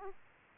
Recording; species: mosquito wingbeat signal from an infrared sensor; Aedes aegypti